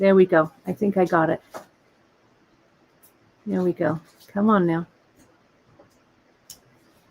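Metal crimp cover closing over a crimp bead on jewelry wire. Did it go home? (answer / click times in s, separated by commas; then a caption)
yes / 6.5 s. Someone talks while pressing a metal crimp cover over a crimp bead on beading wire closed with the tip of a plier. After a quiet stretch, a small sharp click is heard at 6.5 s as the cover snaps into place and is seated.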